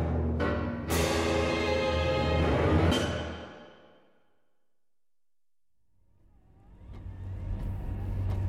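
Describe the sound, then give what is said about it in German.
A car drives through heavy snow and stops at the edge of a forest, its engine loud and rumbling before fading away into a few seconds of silence, then a motor rises again with a steady, low drone. “Der Wagen steht am Waldrand.”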